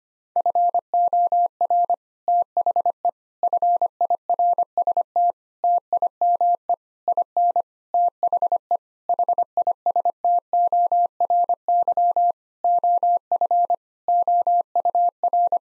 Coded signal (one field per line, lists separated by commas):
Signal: Morse code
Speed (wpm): 25 wpm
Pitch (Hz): 700 Hz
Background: none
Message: FOR THE FIRST TIME IN THE HISTORY OF OUR